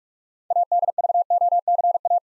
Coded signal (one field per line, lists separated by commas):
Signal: Morse code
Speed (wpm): 44 wpm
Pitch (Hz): 700 Hz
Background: none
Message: ADVOCA